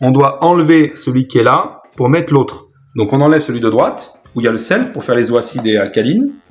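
A cleaning cartridge is being handled to go into the slot of a water ioniser, replacing the salt tank used for making acidic and alkaline water, while someone talks throughout. Nothing has seated or clicked yet; the clip ends before the cartridge goes home.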